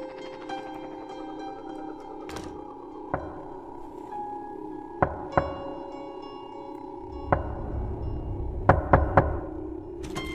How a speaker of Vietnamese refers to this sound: Có tiếng người gõ cửa vang lên ở bên ngoài, kế đó là tiếng gọi yếu ớt.